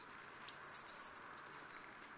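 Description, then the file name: Eurasian blue tit giving a high thin note sliding into a descending trill of quick notes, with background hiss. "Cyanistes caeruleus"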